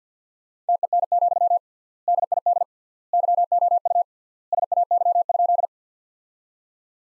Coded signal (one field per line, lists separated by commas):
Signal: Morse code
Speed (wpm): 49 wpm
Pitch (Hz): 700 Hz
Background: none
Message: TEN, DID YOU SAY?